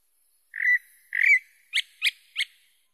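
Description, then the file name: Chalk-browed mockingbird song: two slurred whistled notes followed by three short, sharp, bright notes in quick succession, with no other sounds. "sabia do campo"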